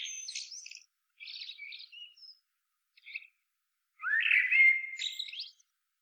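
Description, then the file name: Common blackbird song: soft high twitters and short squeaks, then a fuller fluting phrase sliding upward into a thin trailing screech. "Turdus merula"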